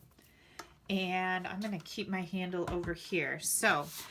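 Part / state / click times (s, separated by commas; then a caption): folding side platform of a die-cut and emboss machine / seated / 0.6 s. A folding side platform of a die-cut and emboss machine is pushed down until it snaps into its open position, giving a sharp tick at 0.6 s. The platform is seated. Someone then talks.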